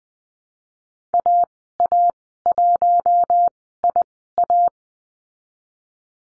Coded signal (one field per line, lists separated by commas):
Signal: Morse code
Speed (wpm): 20 wpm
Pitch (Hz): 700 Hz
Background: none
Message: AA1IA